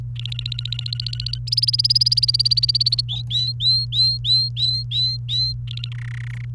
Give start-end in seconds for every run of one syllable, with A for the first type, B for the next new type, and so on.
0.16-1.38 A, 1.47-3.01 B, 3.09-5.53 C, 5.67-5.88 A, 5.92-6.45 D